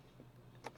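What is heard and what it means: A plastic wiring connector for the trunk panel light on a 2010–2012 Mustang is pushed into the trunk panel light socket after a short struggle, over a steady low hum. A single sharp snap at 0.7 s marks the connector seating, and the light comes on.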